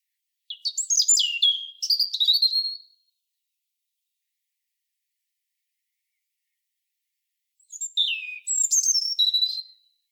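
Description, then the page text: European robin song: two rapid, high, sparkling warbled phrases of thin whistles and trills, separated by roughly five seconds of silence; no other sounds. "European Robin. KÜRE Encyclopedia"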